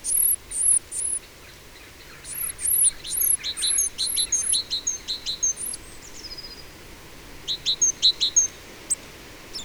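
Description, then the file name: Eurasian blue tit giving high, sharp, rapidly repeated call notes in uneven bursts, some with a thin trailing whistle, separated by short quiet gaps. "Cyanistes caeruleus"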